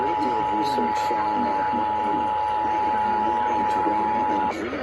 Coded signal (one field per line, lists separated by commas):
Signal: Emergency Alert System (SAME) tones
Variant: 853 and 960 Hz attention tone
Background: speech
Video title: EAS #8-10 Required Monthly Test on WBBM-AM, WGN-AM, WLS-AM